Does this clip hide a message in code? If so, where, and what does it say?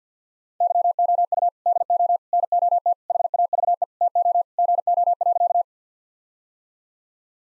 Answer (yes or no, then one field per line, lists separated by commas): yes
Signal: Morse code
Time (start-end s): 0.6-5.6 s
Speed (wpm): 50 wpm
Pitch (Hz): 700 Hz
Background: none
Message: YOU DO NOT HAVE TO GO.